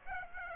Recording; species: mosquito wingbeat signal from an infrared sensor; Aedes aegypti